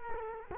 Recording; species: mosquito wingbeat signal from an infrared sensor; Culex quinquefasciatus